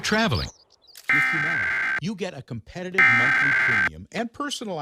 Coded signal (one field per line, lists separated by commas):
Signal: Emergency Alert System (SAME) tones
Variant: header bursts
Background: speech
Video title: US National Emergency Alert System (EAS) Test — October 4, 2023